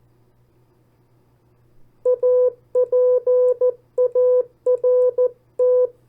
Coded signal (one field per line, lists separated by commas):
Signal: Morse code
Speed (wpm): 14 wpm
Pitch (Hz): 500 Hz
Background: none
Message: APART